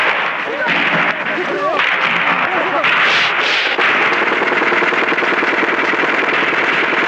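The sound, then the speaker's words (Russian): Loud, sustained machine-gun fire rattles in rapid bursts for several seconds as White Guard soldiers run to the firing position and shoot back, the shots blurring into a dense crackle, with shouting voices briefly audible early on. “Белогвардейцы бегут на огневую позицию, стреляют в ответ.”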